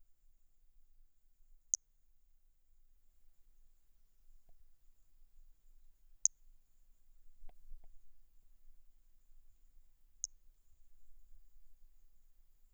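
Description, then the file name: Brachycephalus hermogenesi toadlet calling with three isolated, very high, sharp click-like notes several seconds apart against near silence. Individual 03 recorded at Boraceia on 30 March 2019. "MHNCI Brachy hermogenesi ind 03 Boraceia 30 marco 2019 MRB"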